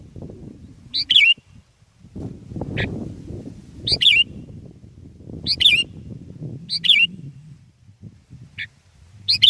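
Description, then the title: Sooty-headed bulbul delivering several bubbly warbled phrases at uneven intervals, with brief single notes between them, over low background noise. "kutilang"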